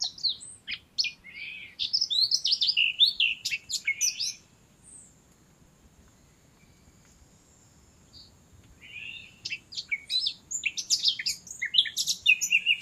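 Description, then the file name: Eurasian blackcap song: rapid, varied warbling phrases with scratchy and whistled notes, a pause of about four seconds, then another fast jumbled burst. "Sylvia atricapilla"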